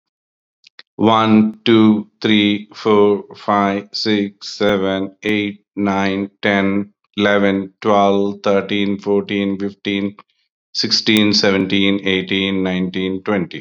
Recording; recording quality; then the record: counting at a normal pace; excellent, no background noise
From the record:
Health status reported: healthy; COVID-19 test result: not tested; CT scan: not taken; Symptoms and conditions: cough, sore throat, hypertension, diabetes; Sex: male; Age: 59 years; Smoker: no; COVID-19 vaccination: both doses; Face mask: not worn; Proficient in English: yes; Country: India